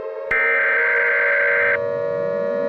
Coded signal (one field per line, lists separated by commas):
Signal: Emergency Alert System (SAME) tones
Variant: header bursts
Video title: Objects Arise - A BFDI EAS Scenario (PART 1)